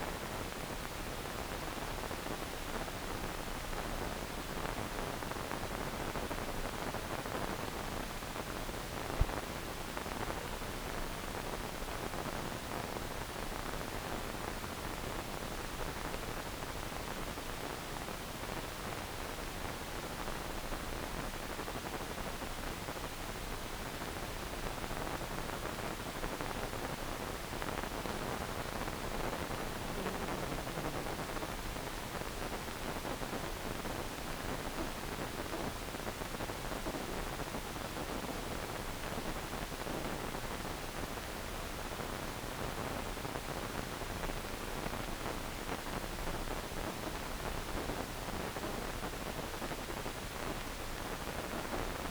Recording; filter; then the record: brain microelectrode recording played as sound; wide band, above 20 Hz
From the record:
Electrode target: subthalamic nucleus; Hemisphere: left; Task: reaching with the right hand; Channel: 2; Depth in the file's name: 1.267 mm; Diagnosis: Parkinson's disease